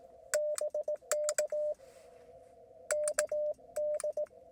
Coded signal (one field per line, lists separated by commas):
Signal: Morse code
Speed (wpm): 18 wpm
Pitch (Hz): 600 Hz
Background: none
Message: BK KD